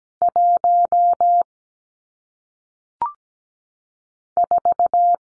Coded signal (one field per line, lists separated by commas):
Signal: Morse code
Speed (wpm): 17 wpm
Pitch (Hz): 700 Hz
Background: none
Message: 1 4